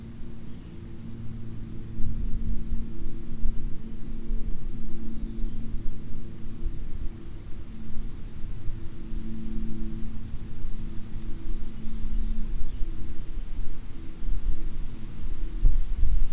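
Wind on a day in an oak and hickory stand by a mill pond comes through as a deep, steady rumble, swelling after the first two seconds and then holding. A low droning hum runs underneath, with a thin, faint high whine above.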